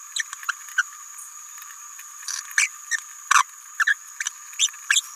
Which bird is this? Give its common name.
Green-rumped Parrotlet